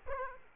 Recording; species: mosquito wingbeat signal from an infrared sensor; Aedes aegypti